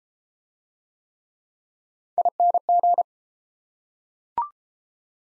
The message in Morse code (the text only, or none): ING